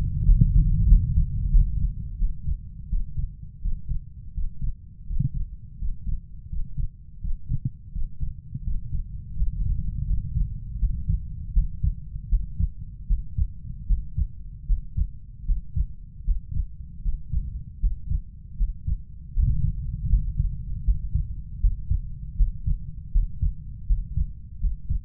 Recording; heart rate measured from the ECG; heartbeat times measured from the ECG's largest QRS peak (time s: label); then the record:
heart sounds by stethoscope; 81 bpm
0.27 s: heartbeat
0.90 s: heartbeat
1.53 s: heartbeat
2.21 s: heartbeat
2.91 s: heartbeat
3.63 s: heartbeat
4.36 s: heartbeat
5.09 s: heartbeat
5.80 s: heartbeat
6.51 s: heartbeat
7.23 s: heartbeat
7.94 s: heartbeat
8.66 s: heartbeat
9.38 s: heartbeat
10.08 s: heartbeat
10.81 s: heartbeat
11.55 s: heartbeat
12.31 s: heartbeat
13.09 s: heartbeat
13.89 s: heartbeat
14.69 s: heartbeat
15.48 s: heartbeat
16.27 s: heartbeat
17.04 s: heartbeat
17.82 s: heartbeat
18.59 s: heartbeat
19.36 s: heartbeat
20.11 s: heartbeat
20.86 s: heartbeat
21.62 s: heartbeat
22.38 s: heartbeat
23.14 s: heartbeat
23.88 s: heartbeat
24.62 s: heartbeat
From the record:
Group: healthy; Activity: breath hold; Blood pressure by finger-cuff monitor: 137/78 mmHg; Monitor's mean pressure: 93 mmHg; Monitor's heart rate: 80 bpm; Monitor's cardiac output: 6.7 L/min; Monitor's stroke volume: 84 mL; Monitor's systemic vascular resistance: 1010 dyn s/cm5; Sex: male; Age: 21 years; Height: 175 cm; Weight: 72.6 kg